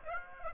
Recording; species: mosquito wingbeat signal from an infrared sensor; Aedes aegypti